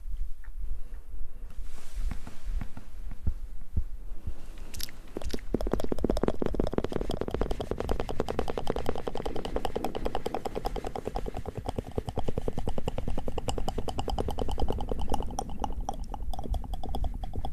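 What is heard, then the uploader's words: Mouth sounds and hand movements, starting with quieter, sparse rustling for about five seconds. Then a dense, fast run of crisp clicks and taps sets in and continues steadily to the end, with a low thumping undertone beneath the bright crackle. ASMR Tingly Mouth Sounds & Hand Movements.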